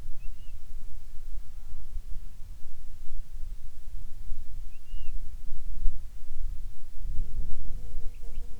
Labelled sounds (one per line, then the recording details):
seabird
wind
insects
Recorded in the Arctic National Wildlife Refuge, Alaska, on 7 July 2019 at 19:44
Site 41